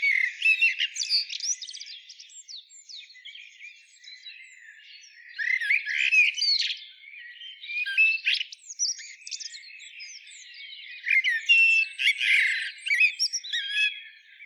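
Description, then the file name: Common blackbird warbling in several phrases, low fluty notes mixed with squeaky, twittering flourishes; the song fades between phrases and swells again. "Turdus merula"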